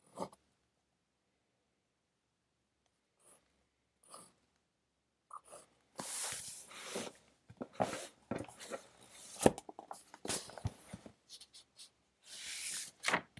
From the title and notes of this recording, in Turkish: Sessiz odada 60 dakika boyunca kurşun kalem ile ders çalışma; ortam sesleri, beyaz gürültü alt yapısı. Ev, kütüphane çalışmaları ortam sesi.